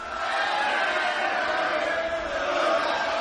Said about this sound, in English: This crowd is nuts. They're singing. They're shaking maracas. They're yelling. They're taking pictures. It's completely out of control.